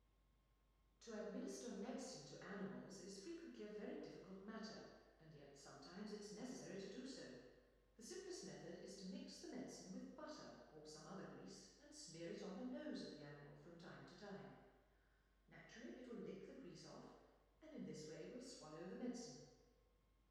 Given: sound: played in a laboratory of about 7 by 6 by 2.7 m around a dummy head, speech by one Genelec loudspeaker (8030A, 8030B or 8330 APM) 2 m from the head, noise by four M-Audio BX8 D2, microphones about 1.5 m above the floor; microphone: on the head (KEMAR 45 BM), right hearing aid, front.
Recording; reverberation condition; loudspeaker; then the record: female speech in English; high; 90 degrees to the left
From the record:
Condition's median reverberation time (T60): about 1300 ms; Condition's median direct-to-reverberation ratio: about -4.0 dB